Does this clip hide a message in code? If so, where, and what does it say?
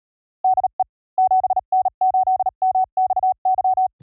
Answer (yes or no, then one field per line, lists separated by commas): yes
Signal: Morse code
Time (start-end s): 0.5-3.9 s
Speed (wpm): 37 wpm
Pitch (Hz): 750 Hz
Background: none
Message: DE 7N8MXY